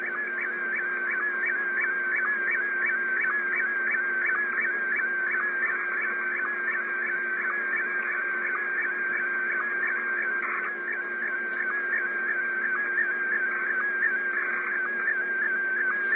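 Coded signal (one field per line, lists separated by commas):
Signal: SSTV (slow-scan television)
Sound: warbling, chirpy tone in a steady rhythm, with a brief blip about three times a second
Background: radio static, low hum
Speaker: трансивер работа антенны на п и в режиме сств переходим непосредственно к [музыка] эксперименту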